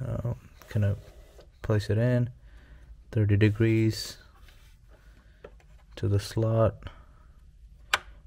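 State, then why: Seated. A Samsung 980 PRO 2TB PCIe Gen 4x4 NVMe M.2 SSD is tilted to about 30 degrees, inserted into the motherboard M.2 slot, and pushed in while someone talks. Faint ticks at about 5.5 and 5.6 seconds lead up to a sharp click at 7.9 seconds, confirming the drive is seated in the slot.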